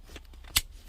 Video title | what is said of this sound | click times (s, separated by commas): How to replace window master switch infinti g35 g37 q40 q25 sedan | push down to hear a click noise like that. | 0.6 s